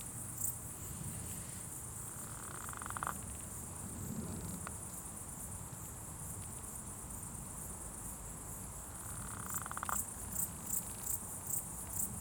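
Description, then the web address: Termite: two separate rattles of quick clicking from termites, one early and one late, beneath a constant high-pitched insect buzz and low background rumble. Recorded in October 2020. "etres a poils termites octobre 2020. Recoltes de sons"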